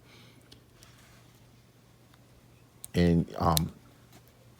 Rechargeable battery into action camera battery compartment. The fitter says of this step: We're going to put the battery back until you hear and feel it go click in there.